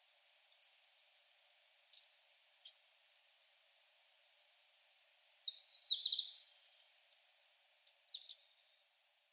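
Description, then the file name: Goldcrest song: very high, thin, rhythmic notes repeated in a cycling phrase ending with a quick flourish, sung twice with a pause of about two seconds between; quiet background. Recorded at Furano on 8 April 2019. "kikuitadaki furano"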